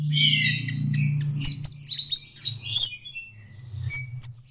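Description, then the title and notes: Orange-headed thrush song opening with drawn-out layered whistles, then breaking into short, sharp chirps and high squeaky notes, with a low droning hum through most. Master song recording for training captive birds; teler song style. "Suara Burung Anis Merah Teler. Masteran Anis Kembang"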